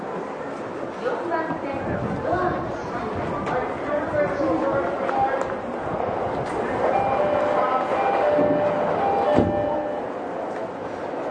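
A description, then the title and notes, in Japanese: A Tokyo Waterfront Area Rapid Transit 70-000 series train running between Shinjuku and Shin-Kiba, with a steady, dense rumble and murmuring voices throughout. From about four seconds on, thin high motor whines rise and step in pitch, and a sharp knock lands near nine seconds. 東京臨海高速鉄道70-000形 新宿〜新木場。JR埼京線→りんかい線の区間で録音。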